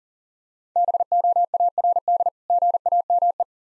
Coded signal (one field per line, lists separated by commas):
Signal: Morse code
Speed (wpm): 40 wpm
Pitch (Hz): 700 Hz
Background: none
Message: BOARD GAME